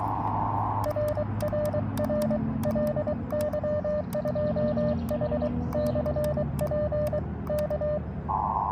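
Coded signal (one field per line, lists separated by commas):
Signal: Morse code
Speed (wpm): 23 wpm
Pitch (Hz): 600 Hz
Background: none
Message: RRR LY2H/P K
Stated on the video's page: Outdoor portable operation using an Elecraft KX2 with a mini Buddistick coil, short telescoping whip and pocket tripod.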